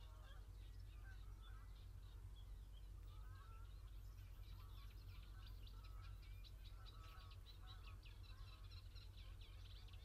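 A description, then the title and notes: Early morning countryside birdsong, with many chirps and short trills layered over a steady low rumble that runs the whole ten seconds. From about four seconds on, rapid bright repeated notes grow denser. A few honking or goose-like calls break through in the middle. 7.00am Birdsong at Hurst View, Pennington, Dorset, UK. Early morning countryside birdsong recorded on the weekend of King Charles' Coronation.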